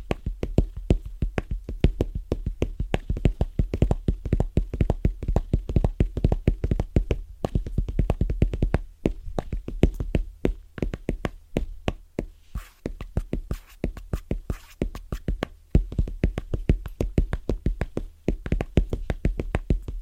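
Fast, rhythmic tapping on different surfaces runs through the whole clip, a dense stream of crisp, sharp strikes. The pace stays quick but shifts slightly, thinning briefly around 9 and 12 seconds before picking back up. A faint low hum sits underneath.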